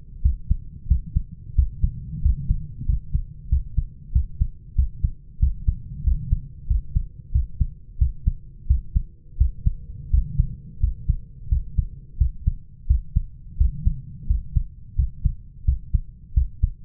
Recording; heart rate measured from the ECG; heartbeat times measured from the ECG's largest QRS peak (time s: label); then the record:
heart sounds by stethoscope; 89 bpm
0.24 s: heartbeat
0.90 s: heartbeat
1.57 s: heartbeat
2.24 s: heartbeat
2.88 s: heartbeat
3.51 s: heartbeat
4.14 s: heartbeat
4.77 s: heartbeat
5.41 s: heartbeat
6.06 s: heartbeat
6.69 s: heartbeat
7.34 s: heartbeat
8.00 s: heartbeat
8.69 s: heartbeat
9.40 s: heartbeat
10.12 s: heartbeat
10.82 s: heartbeat
11.51 s: heartbeat
12.20 s: heartbeat
12.89 s: heartbeat
13.59 s: heartbeat
14.29 s: heartbeat
14.98 s: heartbeat
15.67 s: heartbeat
16.36 s: heartbeat
From the record:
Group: healthy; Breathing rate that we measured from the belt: 16 breaths a minute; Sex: male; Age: 21 years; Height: 175 cm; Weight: 72.6 kg